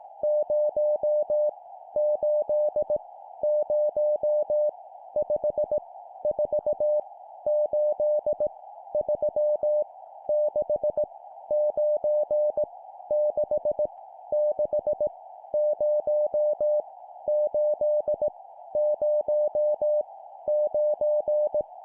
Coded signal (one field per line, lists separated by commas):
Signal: Morse code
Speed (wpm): 18 wpm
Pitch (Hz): 600 Hz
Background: music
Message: 0 8 0 5 4 8 3 6 9 6 6 0 8 0 9